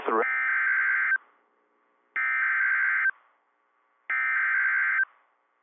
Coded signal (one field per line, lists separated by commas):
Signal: Emergency Alert System (SAME) tones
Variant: header bursts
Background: speech